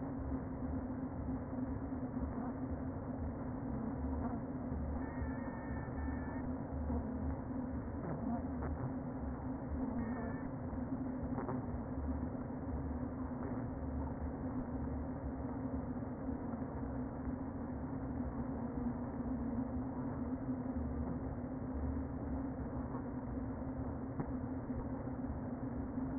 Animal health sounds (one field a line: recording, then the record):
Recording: honeybee colony, microphone inside the hive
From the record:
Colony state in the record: queen present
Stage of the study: before two queens were removed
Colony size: about 60,000 bees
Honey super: yes